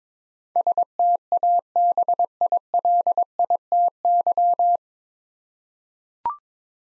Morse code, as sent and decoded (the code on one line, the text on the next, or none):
... - .- -... .. .-.. .. - -.--
STABILITY